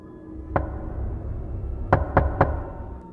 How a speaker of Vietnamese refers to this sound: Người đàn bà lại lo do trở về giường, vừa đặt lưng nằm xuống thì tiếng gõ cửa lại vang lên, lần này lớn hơn, gấp gáp hơn. Bà cố gắng lắng tai nghe thật kỹ.